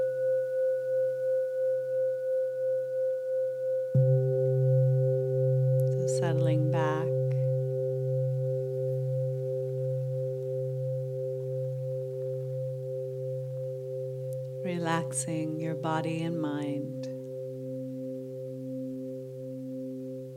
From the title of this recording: Tibetan Singing Bowls